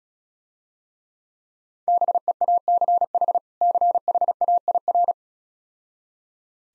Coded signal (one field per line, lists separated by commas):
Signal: Morse code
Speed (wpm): 36 wpm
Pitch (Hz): 700 Hz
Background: none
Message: BEACH CHAIR